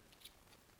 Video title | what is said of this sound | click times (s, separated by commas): Pro for Sho Safety Glasses | snaps right in there and then | 0.2 s